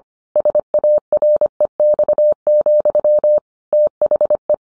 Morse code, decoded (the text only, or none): SAREX, THE